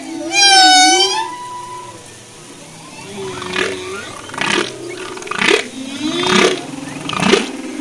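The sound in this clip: Humpback whale song opening with a loud warbling cry over a low moan, followed by a run of short pulsed grunts and clicks repeated about once a second.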